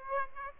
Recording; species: mosquito wingbeat signal from an infrared sensor; Aedes aegypti